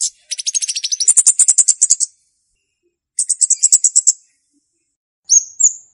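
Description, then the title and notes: Flowerpecker chirps: a long rapid trill of shrill high notes, a shorter burst after a pause, then two quick rising whistled notes. Chirping recording used as a lure for trapping flowerpeckers; Indonesian local names Kemade and Cabe Cabean. "Kicau Untuk Pancing Burung Kemade ( Cabe Cabean). Suara Burung Cabe Cabean Pikat"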